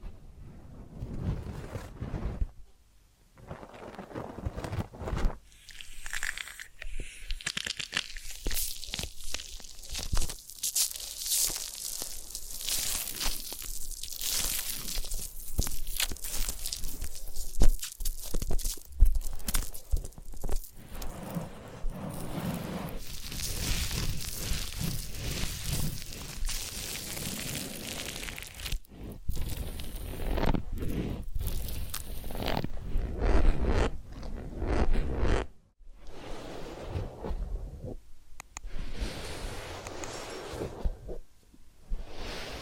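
Massage and ear cleaning sounds: dense, close-textured rubbing, scratching and crinkling that runs almost without pause across the whole stretch. The friction swells and fades in uneven strokes, with a few brief silent gaps near 3, 29 and 36 seconds.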